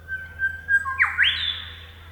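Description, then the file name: Grey shrike-thrush call: a level whistle held for about a second, then a sharp upswept note that jumps and climbs into a bright, ringing whistle. "Colluricincla Harmonica"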